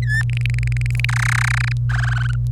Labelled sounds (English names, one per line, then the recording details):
Domestic Canary song
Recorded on 25 April 2018 at 16:15
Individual llb3